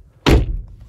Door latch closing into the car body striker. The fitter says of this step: problem and once we're inside we're in the cockpit you can hear the clunk again